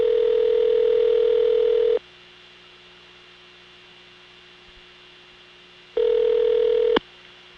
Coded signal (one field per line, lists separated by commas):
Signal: telephone call progress tone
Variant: North America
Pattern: ringback tone